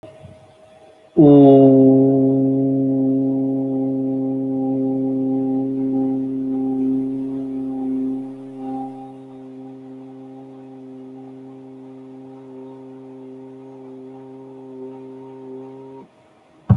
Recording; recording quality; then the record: sustained vowel as in boot; moderate, slight background noise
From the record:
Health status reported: healthy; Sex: male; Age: 27 years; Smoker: yes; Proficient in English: yes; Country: India